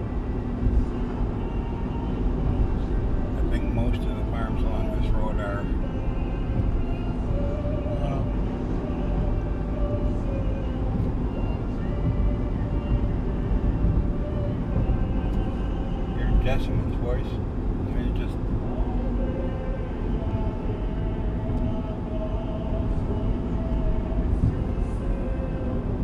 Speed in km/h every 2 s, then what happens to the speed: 79, 79, 79, 79, 80, 81, 81, 80, 70, 76, 75, 76, 77.
0-26 steady at about 79.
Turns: none.